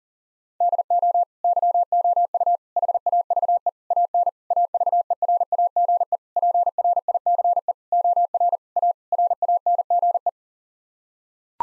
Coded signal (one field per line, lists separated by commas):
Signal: Morse code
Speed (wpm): 40 wpm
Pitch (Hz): 700 Hz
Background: none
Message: DO YOU HAVE AN AVERAGE PRICE OR A RANGE